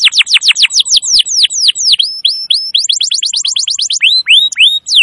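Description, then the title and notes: Canary song, loud and continuous: rapid series of high downward-sweeping notes, then faster trilled runs and a few rising arched notes, without pause. Long, vigorous (gacor) song used as a master recording to lure wild canaries. "Pikat Kenari GACOR PANJANG INI Cocok Untuk Masteran KENARI LIAR. Masteran burung kenari gacor parah"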